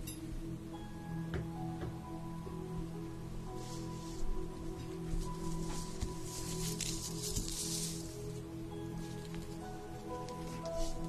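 During a facial treatment, a steady low hum runs underneath while soft wet hissing and dabbing sounds come and go, like steam and cream being worked in. Brighter rushes of hiss swell around four seconds and again between six and eight seconds.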